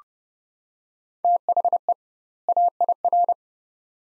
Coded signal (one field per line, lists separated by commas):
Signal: Morse code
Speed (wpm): 30 wpm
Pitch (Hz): 700 Hz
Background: none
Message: THE AIR